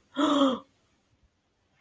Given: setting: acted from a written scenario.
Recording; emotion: vocal sound without words; positive surprise